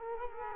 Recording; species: mosquito wingbeat signal from an infrared sensor; Culex quinquefasciatus